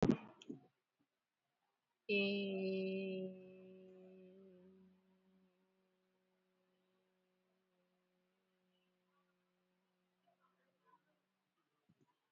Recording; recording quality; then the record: sustained vowel as in made; excellent, no background noise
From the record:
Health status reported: COVID-19 positive, moderate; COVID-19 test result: positive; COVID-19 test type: RT-PCR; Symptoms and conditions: cold, sore throat, loss of smell and taste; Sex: female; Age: 35 years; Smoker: no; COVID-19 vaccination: one dose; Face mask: worn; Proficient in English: yes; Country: India